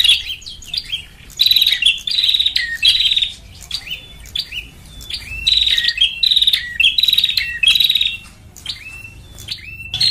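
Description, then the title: Lovebird chattering: rapid, piercing chirps in clustered bursts with brief pauses, continuing across the whole stretch. Lure call for trapping lovebirds (pikat). "PIKAT BURUNG LOVEBIRD"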